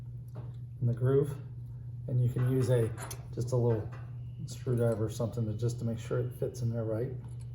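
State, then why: Not seated. A small retaining clip is handled at a groove on the recoater mechanism of an SLS4ALL Inova MK1 SLS 3D printer's bottom frame, to be pressed in with a small screwdriver, while someone talks throughout. Only faint handling ticks are heard, near 0.3 s and 7.4 s. Nothing has seated or clicked yet.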